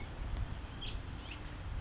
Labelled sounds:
California Towhee (Melozone crissalis)
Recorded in Sonoma County, California

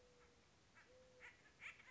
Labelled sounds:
Acorn Woodpecker (Melanerpes formicivorus)
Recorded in Sonoma County, California

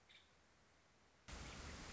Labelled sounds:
Nuttall's Woodpecker (Dryobates nuttallii)
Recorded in Sonoma County, California

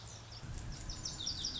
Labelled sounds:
Lazuli Bunting (Passerina amoena)
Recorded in Sonoma County, California

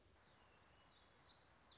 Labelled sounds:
Black-throated Gray Warbler (Setophaga nigrescens)
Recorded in Sonoma County, California

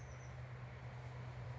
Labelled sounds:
Oak Titmouse (Baeolophus inornatus)
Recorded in Sonoma County, California

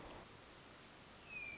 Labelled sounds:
Hermit Thrush (Catharus guttatus)
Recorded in Sonoma County, California

